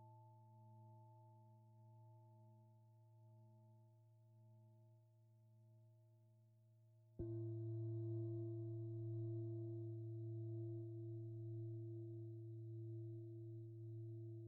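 Antique Tibetan singing bowls drone in a steady, pulsing hum until a second bowl is struck midway, adding a louder, brighter ringing layer.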